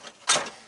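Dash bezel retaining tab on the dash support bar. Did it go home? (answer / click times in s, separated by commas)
released / 0.3 s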